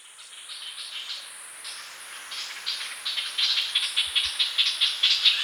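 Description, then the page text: Ochraceous bulbul giving scratchy, rapidly repeated chatter notes that grow louder toward the end, with a constant high-pitched insect hum throughout. "Ochraceous Bulbul Calls. Quick Sounds"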